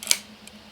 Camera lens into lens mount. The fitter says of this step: it's very satisfying click